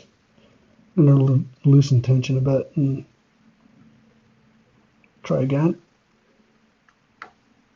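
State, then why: Partly seated. A metal slider inside an ASSA Desmo slider-type lock is worked after the tension is loosened a bit to try again, while someone talks. After quieter ticks, a sharp click at 7.2 s marks the slider snapping into the second of its three positions, a partial result.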